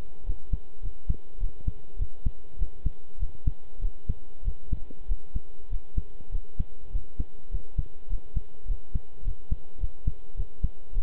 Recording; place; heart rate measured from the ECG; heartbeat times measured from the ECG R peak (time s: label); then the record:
heart sounds by stethoscope; between the tricuspid and mitral areas; 101 bpm
0.25 s: heartbeat
0.82 s: heartbeat
1.39 s: heartbeat
1.98 s: heartbeat
2.58 s: heartbeat
3.19 s: heartbeat
3.81 s: heartbeat
4.44 s: heartbeat
5.08 s: heartbeat
5.69 s: heartbeat
6.31 s: heartbeat
6.91 s: heartbeat
7.51 s: heartbeat
8.09 s: heartbeat
8.67 s: heartbeat
9.24 s: heartbeat
9.80 s: heartbeat
10.36 s: heartbeat
10.94 s: heartbeat
From the record:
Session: pedaling a stationary bicycle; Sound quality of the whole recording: good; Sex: male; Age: 23 years